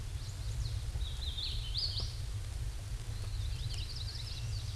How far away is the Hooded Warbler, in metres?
about 25 m